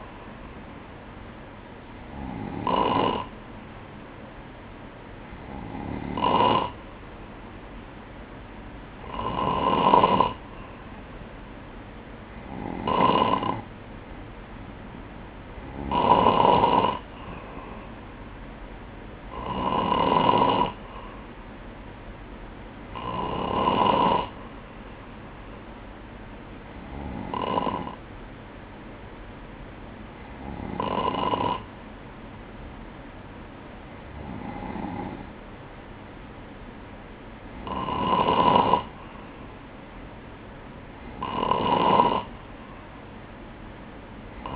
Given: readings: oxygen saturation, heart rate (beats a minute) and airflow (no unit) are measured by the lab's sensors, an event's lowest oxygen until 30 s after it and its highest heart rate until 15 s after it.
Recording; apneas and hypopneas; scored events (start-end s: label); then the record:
breathing in sleep by a voice recorder at the bedside; none
none scored
From the record:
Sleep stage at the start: N2 (light sleep); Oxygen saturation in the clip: 94 to 95%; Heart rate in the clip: 59 to 62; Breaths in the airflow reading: 12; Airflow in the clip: -4.5 to 5.3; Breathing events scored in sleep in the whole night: 180 in 6.7 hours asleep